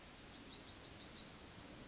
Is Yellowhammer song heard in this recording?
yes